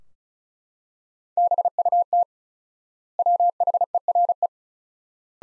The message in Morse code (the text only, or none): BUT WHERE